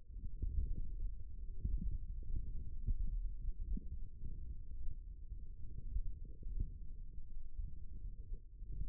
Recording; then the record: forearm muscle sounds (acoustic myography)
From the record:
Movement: forearm supination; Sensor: system 1, eight BSWA MPA416 microphones around the upper forearm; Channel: 2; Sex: male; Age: 18 years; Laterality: right